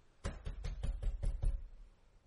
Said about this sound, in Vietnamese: Hồi Thu đập cửa liên hồi, trong lòng lo lắng không biết có chuyện gì xảy ra không.